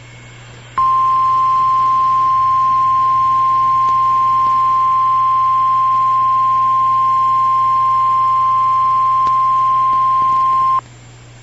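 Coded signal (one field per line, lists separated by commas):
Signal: Emergency Alert System (SAME) tones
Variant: 1050 Hz attention tone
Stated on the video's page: NOAA Weather Radio KIH-42 Covington, KY severe weather alerts, tornado and severe thunderstorm warnings.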